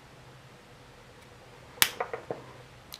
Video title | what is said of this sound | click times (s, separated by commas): Lock Picking 101 Part 2 | snaps back in place | 1.8 s